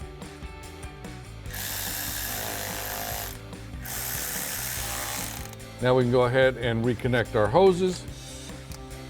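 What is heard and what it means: Plastic quick-connect hose fittings on a 2015-2017 Mustang GT engine are pushed onto a black C&L cold air intake tube. Someone talks over a steady hiss, and a short sharp click at 8.7 s marks the fitting snapping into place, seated.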